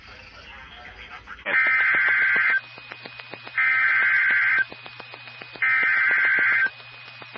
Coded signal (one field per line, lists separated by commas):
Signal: Emergency Alert System (SAME) tones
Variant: header bursts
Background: speech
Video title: EAS 2175-2183 (3/2 & 3/3/23)